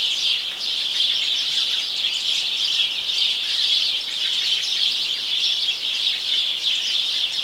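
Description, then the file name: House sparrows chirping together, a thick unbroken wash of bright, overlapping chirps that stays steady the whole time. "Passer domesticus"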